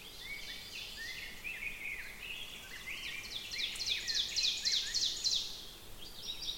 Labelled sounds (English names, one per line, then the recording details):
Ovenbird song
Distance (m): 60 m
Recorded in boreal forest in Alberta, Canada, on 5 June 2016 at 07:12
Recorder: SongMeter 3, array SBT-3-51
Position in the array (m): 262 m, 116 m
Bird 28